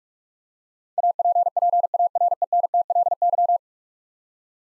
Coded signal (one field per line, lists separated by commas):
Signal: Morse code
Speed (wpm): 46 wpm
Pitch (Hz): 700 Hz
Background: none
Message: APPARENTLY